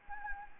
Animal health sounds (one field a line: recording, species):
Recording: mosquito wingbeat signal from an infrared sensor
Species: Anopheles gambiae